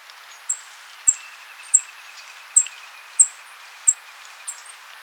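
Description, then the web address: Northern Rufous-naped Brush-Finch uttering seven thin, very high single notes, spaced a little over half a second apart, over a steady hiss of background noise. Ecuador. "Birds of Ecuador. Northern Rufous-Naped Brush-Finch"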